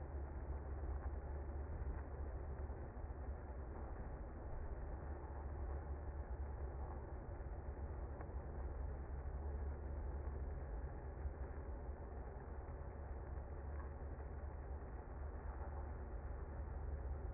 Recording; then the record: honeybee colony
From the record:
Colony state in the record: active